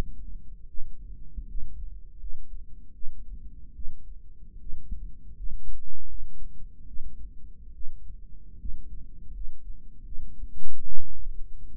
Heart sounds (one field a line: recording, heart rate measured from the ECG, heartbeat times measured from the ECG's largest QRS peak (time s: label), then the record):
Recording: heart sounds by microphone in the right ear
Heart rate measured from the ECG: 76 bpm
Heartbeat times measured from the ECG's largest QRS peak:
0.67 s: heartbeat
1.47 s: heartbeat
2.19 s: heartbeat
2.93 s: heartbeat
3.74 s: heartbeat
4.59 s: heartbeat
5.35 s: heartbeat
6.07 s: heartbeat
6.86 s: heartbeat
7.73 s: heartbeat
8.58 s: heartbeat
9.33 s: heartbeat
10.04 s: heartbeat
10.85 s: heartbeat
11.67 s: heartbeat
From the record:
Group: healthy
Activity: rest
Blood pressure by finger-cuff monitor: 133/69 mmHg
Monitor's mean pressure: 86 mmHg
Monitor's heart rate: 78 bpm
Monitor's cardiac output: 6.7 L/min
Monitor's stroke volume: 89 mL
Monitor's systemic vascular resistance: 910 dyn s/cm5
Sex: female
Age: 22 years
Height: 160 cm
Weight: 63 kg